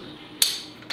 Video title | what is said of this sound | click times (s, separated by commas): Project Brommieloff Part 1 | there we go that's the click | 0.4 s